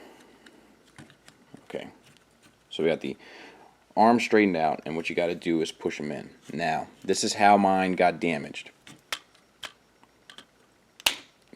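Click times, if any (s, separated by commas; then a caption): 11.1 s. Someone talks while a plastic arm part of a transforming robot toy, its arm parts already straightened, is pushed into its joint, with a few faint handling taps along the way. A sharp, loud snap at 11.1 s marks the joint locking into place, seated tightly and very hard to undo.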